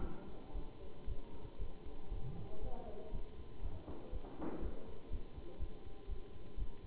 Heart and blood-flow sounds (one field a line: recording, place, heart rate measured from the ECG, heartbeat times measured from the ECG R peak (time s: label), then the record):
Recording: heart sounds by stethoscope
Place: between the tricuspid and mitral areas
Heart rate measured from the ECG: 119 bpm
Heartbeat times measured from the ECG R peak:
0.00 s: heartbeat
0.54 s: heartbeat
1.06 s: heartbeat
1.58 s: heartbeat
2.10 s: heartbeat
2.61 s: heartbeat
3.12 s: heartbeat
3.62 s: heartbeat
4.12 s: heartbeat
4.61 s: heartbeat
5.10 s: heartbeat
5.59 s: heartbeat
6.08 s: heartbeat
6.57 s: heartbeat
From the record:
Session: Bruce protocol treadmill stress test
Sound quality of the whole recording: good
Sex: male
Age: 23 years